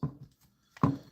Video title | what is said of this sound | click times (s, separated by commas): UNBOX AND CHILL***- Transformers Age of the Primes Leader Class Liege Maximo. | And just click in place. | 0.8 s